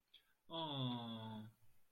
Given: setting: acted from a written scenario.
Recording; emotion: vocal sound without words; adoration